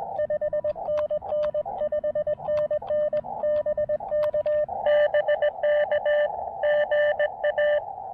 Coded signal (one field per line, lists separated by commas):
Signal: Morse code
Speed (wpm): 20 wpm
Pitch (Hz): 590 Hz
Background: radio noise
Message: 5NN 5NN BK BK GA